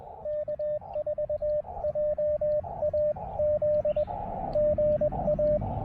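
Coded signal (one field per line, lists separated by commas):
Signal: Morse code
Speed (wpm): 21 wpm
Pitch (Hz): 590 Hz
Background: radio noise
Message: K4JAZ GA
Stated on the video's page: QRP CW park activation (POTA) on 20 meters with a field radio during a road trip stop.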